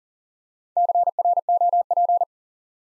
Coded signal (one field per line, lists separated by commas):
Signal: Morse code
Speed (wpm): 39 wpm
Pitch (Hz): 700 Hz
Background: none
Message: CROP